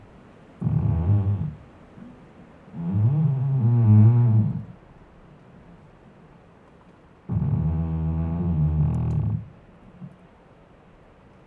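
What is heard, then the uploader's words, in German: A creaking tree gives three long, low groaning squeaks, each a second or two long, near the start, around three to five seconds, and again from seven to nine seconds. The tone wavers and bends within each creak, with a short faint squeak near ten seconds. Ein Ohr an einem quietschenden Baum.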